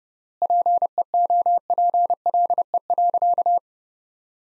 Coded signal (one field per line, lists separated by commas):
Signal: Morse code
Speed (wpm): 30 wpm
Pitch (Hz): 700 Hz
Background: none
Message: PEOPLE.